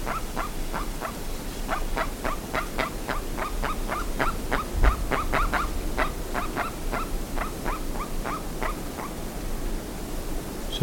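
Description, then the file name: Bird calling with a long series of short hooked notes, continuing to the end where a brief knock is heard, over low rumbling noise. "SABIOD 50 bird 2015"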